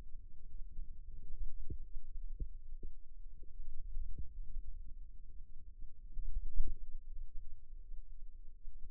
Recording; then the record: forearm muscle sounds (acoustic myography)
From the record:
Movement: hand opening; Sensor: system 2, bracelet of six BSWA MPA416 microphones around the upper forearm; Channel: 5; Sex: female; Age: 22 years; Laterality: right